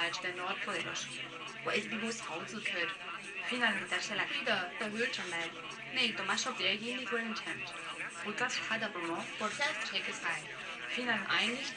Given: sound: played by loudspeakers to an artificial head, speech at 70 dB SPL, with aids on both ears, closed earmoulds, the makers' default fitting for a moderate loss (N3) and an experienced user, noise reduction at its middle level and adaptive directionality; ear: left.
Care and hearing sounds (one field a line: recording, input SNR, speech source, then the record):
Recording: speech test signal (ISTS) in cocktail-party noise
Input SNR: +6 dB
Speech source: on the right (90 degrees)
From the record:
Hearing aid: class 2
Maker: G